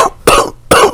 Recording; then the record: coughing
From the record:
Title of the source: Coughing 79